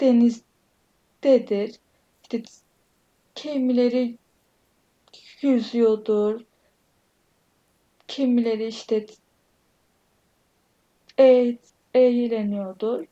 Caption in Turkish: Her insanın korkuları var, biz kekemelerin belki biraz daha çok. Kekemelik korkularımızdan ve özyardımdan konuşuyoruz.